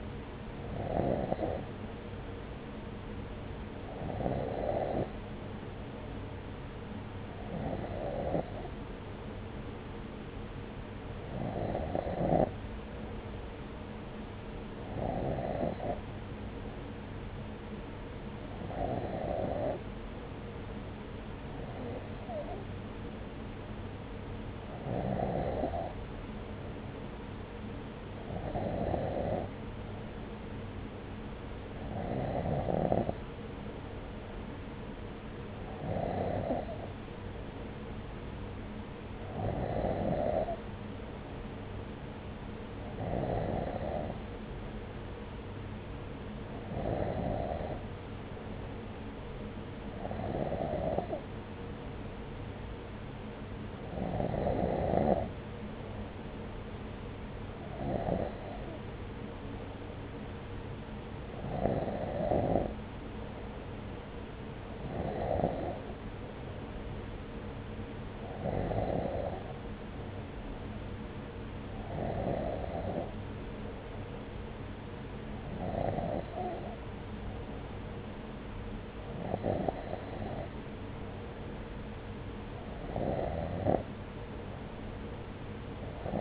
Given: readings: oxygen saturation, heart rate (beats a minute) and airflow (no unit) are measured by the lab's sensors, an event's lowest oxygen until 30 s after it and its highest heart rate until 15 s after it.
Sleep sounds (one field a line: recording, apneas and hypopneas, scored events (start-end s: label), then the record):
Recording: breathing in sleep by a voice recorder at the bedside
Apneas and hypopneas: none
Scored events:
none scored
From the record:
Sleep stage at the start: N2 (light sleep)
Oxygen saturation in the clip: 93%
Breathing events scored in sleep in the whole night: 303 in 8.1 hours asleep